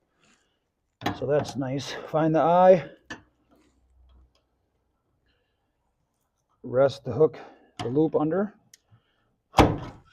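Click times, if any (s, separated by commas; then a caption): 9.6 s. Someone talks while the steel lift cable's end loop is hooked under and pressed onto the pin of a garage door's bottom bracket. A sharp pop is heard at 9.6 s as the loop seats onto the pin.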